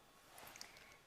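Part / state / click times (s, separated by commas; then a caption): vacuum canister into motorized floor brush / seated / 0.6 s. The portable Lift-Away canister of a Shark Navigator Lift-Away Professional vacuum is lined up with the back of the motorized floor brush and pushed down. A sharp, short click at 0.6 s shows it has seated into place, with quieter rustling and small knocks around it.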